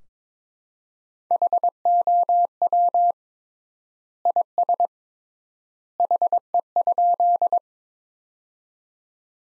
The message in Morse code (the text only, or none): HOW IS HE?